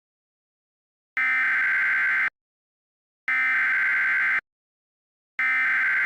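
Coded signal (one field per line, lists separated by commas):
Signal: Emergency Alert System (SAME) tones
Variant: header bursts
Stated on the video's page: Mock, fictional EAS alert.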